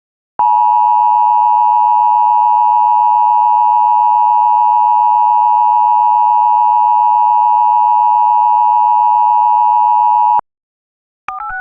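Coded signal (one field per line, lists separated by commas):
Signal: Emergency Alert System (SAME) tones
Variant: 853 and 960 Hz attention tone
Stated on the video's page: Mock EAS alert, a fictional Missing Endangered Persons alert imitating an older EAS system without SAME decoders.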